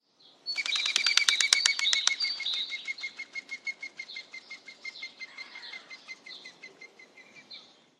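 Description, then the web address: Bird calling, a rapid run of short, high, sharp notes that starts loud, then slows and fades over about seven seconds. "cianscape. Deverinetal 2025. Bird Only"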